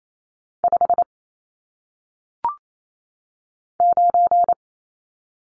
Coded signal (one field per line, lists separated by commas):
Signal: Morse code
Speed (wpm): 28 wpm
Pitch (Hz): 700 Hz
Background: none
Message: 5 9